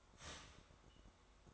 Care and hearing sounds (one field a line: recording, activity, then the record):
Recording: daily activity, microphone in the room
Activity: start toaster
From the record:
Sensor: 3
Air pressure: 1004.2 hPa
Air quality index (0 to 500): 200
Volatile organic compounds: 15 ppm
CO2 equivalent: 2503 ppm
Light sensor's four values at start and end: 4/12/4/4 and 4/11/4/4